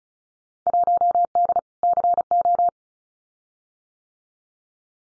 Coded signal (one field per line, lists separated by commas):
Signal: Morse code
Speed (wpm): 36 wpm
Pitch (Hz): 700 Hz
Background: none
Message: 1D CO